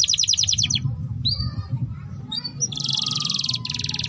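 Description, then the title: Domestic canary song with a quick trill, scattered sweeping chirps, then long dense buzzy rolls, low hum beneath. Song used to warm up Belgian canaries and to tutor young canaries so they start singing quickly. "Canto Para Esquentar Canário Belga. Suara Pancingan Kenari Gacor || Masteran Kenari Paud Agar Cepat Bunyi"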